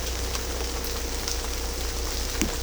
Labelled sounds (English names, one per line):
none